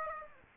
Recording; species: mosquito wingbeat signal from an infrared sensor; Aedes aegypti